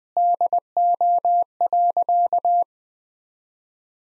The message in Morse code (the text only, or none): DO.